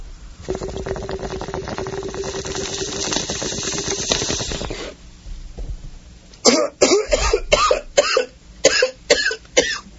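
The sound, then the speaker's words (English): A long steady bubbling hiss from a bong hit gives way, after a short pause, to a loud run of about seven harsh, exaggerated coughs in quick, uneven bursts, with no talking. “You're cracking me up already, coughing like a...”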